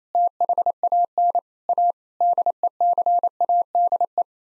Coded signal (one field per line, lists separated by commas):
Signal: Morse code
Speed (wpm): 27 wpm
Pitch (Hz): 700 Hz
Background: none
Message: THAN A DECADE